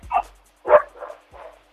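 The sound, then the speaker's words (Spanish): Several short dog barks in an uneven burst, a sharp yip followed by a louder bark and a couple of softer, lower woofs, with no talking. “Ahí están los perros.”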